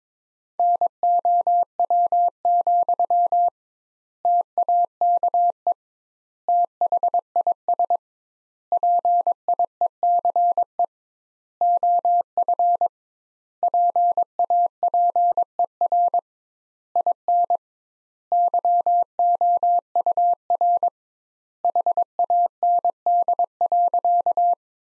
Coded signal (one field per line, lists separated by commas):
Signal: Morse code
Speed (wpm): 22 wpm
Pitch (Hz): 700 Hz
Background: none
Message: NOW, TAKE THIS PIECE OF PAPER IN YOUR HAND.